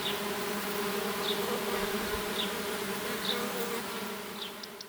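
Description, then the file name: Bees buzzing in a steady, low humming drone with layered tones, a few faint high chirps now and then. Bees on phacelia flowers, 7 June 2021. "2021-06-07 phaselia-bienen"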